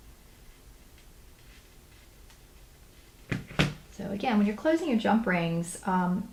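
A metal jump ring on a spider necklace is closed with pliers by gently rocking its ends back and forth. After a quiet stretch, a small tick at about 3.3 s is followed by the sharp little click of the ring ends meeting at 3.6 s, showing the ring has clicked closed. Someone then talks.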